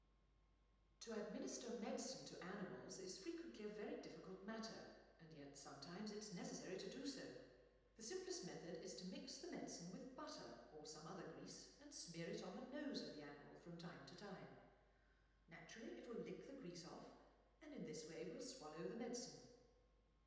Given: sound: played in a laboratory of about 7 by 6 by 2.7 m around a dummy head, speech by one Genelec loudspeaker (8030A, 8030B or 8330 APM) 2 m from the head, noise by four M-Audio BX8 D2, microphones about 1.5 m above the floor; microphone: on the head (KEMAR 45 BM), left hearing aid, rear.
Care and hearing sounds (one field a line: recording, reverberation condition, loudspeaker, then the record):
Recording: female speech in English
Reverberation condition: high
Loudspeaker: 30 degrees to the left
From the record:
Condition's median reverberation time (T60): about 1300 ms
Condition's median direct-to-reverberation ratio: about -4.0 dB